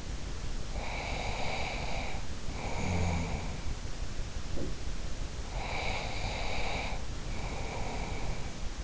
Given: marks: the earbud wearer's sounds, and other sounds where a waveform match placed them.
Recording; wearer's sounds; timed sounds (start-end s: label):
sounds in sleep by an in-ear microphone; breath
0.36-3.76 s: breath
4.37-4.90 s: sound from someone else or the room
5.54-8.84 s: breath